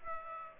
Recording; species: mosquito wingbeat signal from an infrared sensor; Aedes aegypti